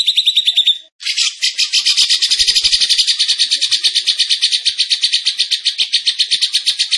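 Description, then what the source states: Bird song: a brief burst of fast clean notes, a moment's silence, then a long, loud, rattling stream of rapid high pulses. Masteran training recording of a bird singing energetically (gacor) in tembakan style; Indonesia.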